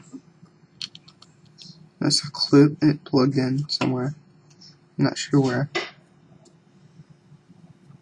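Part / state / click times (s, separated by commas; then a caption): ribbon cable connector into smartphone motherboard socket / not seated / none. During a teardown and repair of a Samsung Galaxy S3 smartphone, a ribbon cable connector is handled near its socket on the motherboard while someone talks. A few faint ticks are heard early on between 0.8 and 1.6 seconds. Nothing has seated or clicked in yet.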